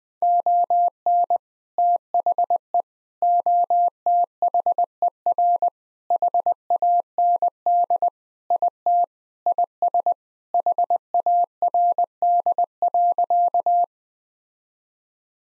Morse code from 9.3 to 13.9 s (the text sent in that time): IS HARD.